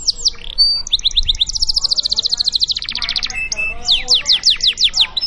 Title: LANGSUNG NYAUT GACOR DOR Kenari Manasaja, Dengan Kicau Kenari GACOR NGOTOT ROLL PANJANG